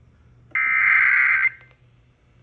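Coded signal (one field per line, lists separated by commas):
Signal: Emergency Alert System (SAME) tones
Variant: header bursts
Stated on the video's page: Hurricane Helene EAS alerts, some received on a BC370CRS.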